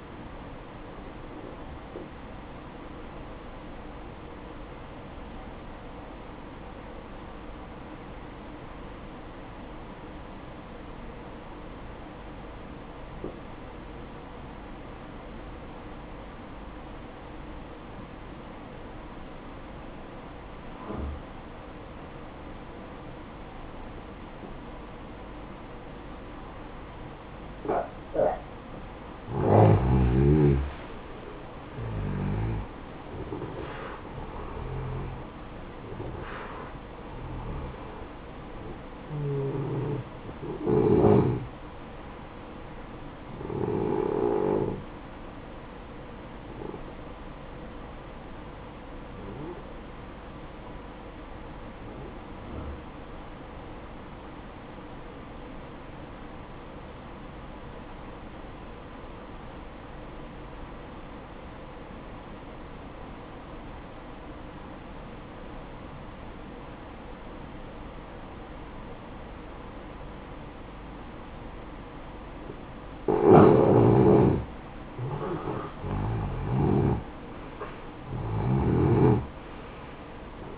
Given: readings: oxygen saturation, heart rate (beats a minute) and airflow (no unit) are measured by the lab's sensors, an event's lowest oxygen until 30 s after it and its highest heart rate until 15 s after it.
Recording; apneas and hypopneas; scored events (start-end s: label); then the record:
breathing in sleep by a voice recorder at the bedside; 2
3.00-29.00 s: obstructive apnea (N1, oxygen 95% highest, then 90% lowest, heart rate 59 at the start, 71 highest)
49.00-74.10 s: obstructive apnea (N1, oxygen 96% highest, then 90% lowest, heart rate 62 at the start, 73 highest)
From the record:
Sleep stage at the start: N1 (lightest sleep); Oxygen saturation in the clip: 89 to 96%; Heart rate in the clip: 54 to 71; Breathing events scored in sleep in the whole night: 573 in 9.8 hours asleep